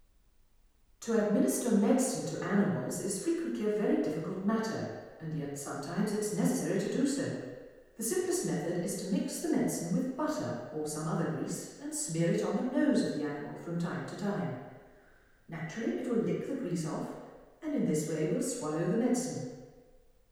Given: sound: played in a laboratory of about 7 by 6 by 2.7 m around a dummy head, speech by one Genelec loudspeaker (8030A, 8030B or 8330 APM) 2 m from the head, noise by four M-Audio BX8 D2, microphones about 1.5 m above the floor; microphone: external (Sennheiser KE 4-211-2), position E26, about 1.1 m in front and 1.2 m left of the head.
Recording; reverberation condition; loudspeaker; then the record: female speech in English; high; behind (180 degrees)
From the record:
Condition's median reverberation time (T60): about 1300 ms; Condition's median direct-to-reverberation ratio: about -4.0 dB